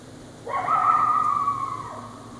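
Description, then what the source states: Coyote howl, one drawn-out tonal note that rises sharply, holds steady for over a second, then drops away at the end, over low background rumble. Coyote barking and howling.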